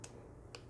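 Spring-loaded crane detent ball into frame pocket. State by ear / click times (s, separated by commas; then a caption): not seated / none. Sharp metallic clicks at 0.0, 0.6 and 0.7 s come from the crane of a Smith & Wesson 686 Competitor revolver swinging fully open, with faint low hum between them. The clicks are the crane hitting its stop, not the spring-loaded detent ball dropping into its frame pocket. The ball stays compressed and does not seat in the pocket.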